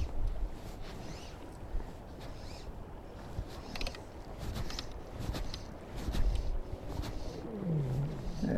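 Steady low wind and clothing rustle outdoors, then near the end a rising, gurgling growl that bends in pitch for about a second. This is stomach growling (borborygmi) from hunger, heard close up with the microphone sheltered inside clothing against the wind, the normal rumble of gas and fluid moving through an empty gut.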